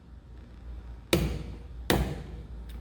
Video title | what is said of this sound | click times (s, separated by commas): Tool Holder Setup and Machine Loading Procedure | once you hear that popping sound you are at the correct torque setting | 1.1 s